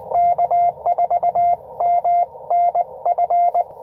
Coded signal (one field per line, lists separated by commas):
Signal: Morse code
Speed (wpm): 22 wpm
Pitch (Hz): 700 Hz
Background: none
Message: K4MNF